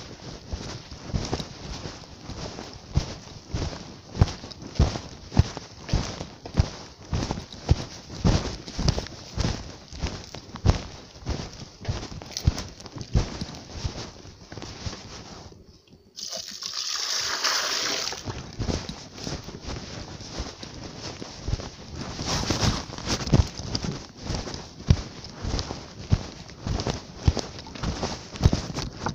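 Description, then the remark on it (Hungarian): Piglets being given water trot with quick, steady hoof clatter throughout, broken midway by a loud rush of splashing water, then another brief splash as the trotting carries on. “Kapsz. Malacok. Van vizetek.”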